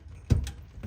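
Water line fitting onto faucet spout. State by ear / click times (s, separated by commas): seated / 0.3 s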